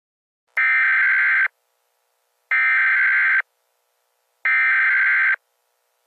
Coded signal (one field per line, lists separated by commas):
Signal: Emergency Alert System (SAME) tones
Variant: header bursts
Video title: EAS Scenario: It's Going to Rain in Indiana